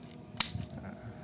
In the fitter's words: Sampai bunyi klik seperti itu tadi.